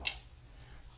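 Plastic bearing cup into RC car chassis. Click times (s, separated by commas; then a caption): 0.1 s. A plastic bearing cup holding a bearing is pressed into the chassis of a Tamiya MF-01X RC car's front gearbox and main chassis build. One sharp, bright pop is heard at 0.1 s, followed by quiet low hum. The cup is seated fully with a snug fit.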